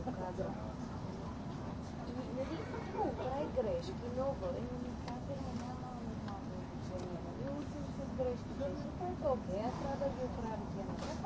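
A train on the Gotthard route rumbles steadily throughout, a dense low roar that never lets up. Over it, voices talk on and off, with bursts of speech clustering around the third to fifth seconds and again near the tenth. Faint clicks flicker above.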